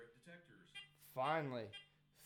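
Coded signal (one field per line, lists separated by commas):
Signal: none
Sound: metal detector tone beeps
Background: speech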